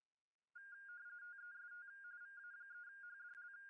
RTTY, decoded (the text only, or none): TEST VA3HDL